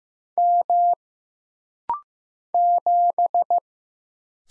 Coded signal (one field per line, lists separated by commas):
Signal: Morse code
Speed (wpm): 15 wpm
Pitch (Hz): 700 Hz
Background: none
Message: M 7